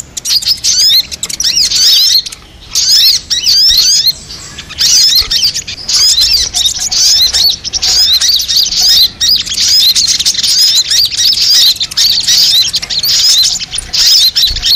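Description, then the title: Little Spiderhunter giving long runs of high, zigzagging whistled notes, fast and chattery, with a few short pauses. Masteran: a training recording for songbirds. "Masteran Burung Sogok Ontong Labaik"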